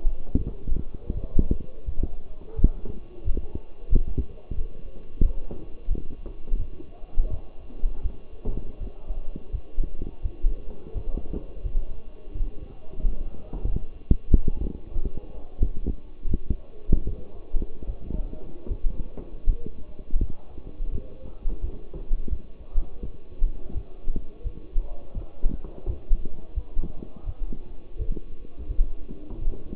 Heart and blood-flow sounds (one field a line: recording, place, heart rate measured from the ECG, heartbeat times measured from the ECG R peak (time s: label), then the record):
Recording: heart sounds by stethoscope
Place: between the tricuspid and mitral areas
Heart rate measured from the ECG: 85 bpm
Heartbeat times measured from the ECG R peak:
0.36 s: heartbeat
1.13 s: heartbeat
1.85 s: heartbeat
2.55 s: heartbeat
3.24 s: heartbeat
3.89 s: heartbeat
4.55 s: heartbeat
5.22 s: heartbeat
5.89 s: heartbeat
6.58 s: heartbeat
7.30 s: heartbeat
8.02 s: heartbeat
8.79 s: heartbeat
9.51 s: heartbeat
10.22 s: heartbeat
10.93 s: heartbeat
11.63 s: heartbeat
12.33 s: heartbeat
13.01 s: heartbeat
13.65 s: heartbeat
14.29 s: heartbeat
14.93 s: heartbeat
15.59 s: heartbeat
16.27 s: heartbeat
17.05 s: heartbeat
17.86 s: heartbeat
18.68 s: heartbeat
19.46 s: heartbeat
20.19 s: heartbeat
20.91 s: heartbeat
21.61 s: heartbeat
22.29 s: heartbeat
23.01 s: heartbeat
23.73 s: heartbeat
24.43 s: heartbeat
25.14 s: heartbeat
25.86 s: heartbeat
26.54 s: heartbeat
27.25 s: heartbeat
27.98 s: heartbeat
28.68 s: heartbeat
29.40 s: heartbeat
From the record:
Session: walking at 3.7 km/h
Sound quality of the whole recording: partially saturated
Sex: male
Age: 24 years